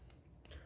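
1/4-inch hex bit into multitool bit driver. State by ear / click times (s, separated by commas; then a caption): seated / 0.5 s. A standard 1/4-inch steel hex bit is pushed into the bit driver holder of a Victorinox Swisstool X multitool. After a couple of faint ticks near 0.1 and 0.3 seconds, a sharp click at 0.5 seconds marks the holder's retention catching the bit's groove. The bit is seated.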